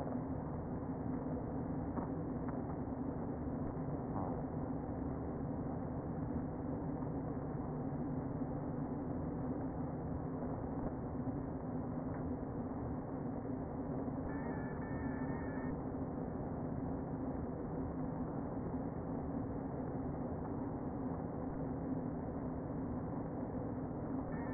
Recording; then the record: honeybee colony, microphone inside the hive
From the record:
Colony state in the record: queen present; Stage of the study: before two queens were removed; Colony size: about 60,000 bees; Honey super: yes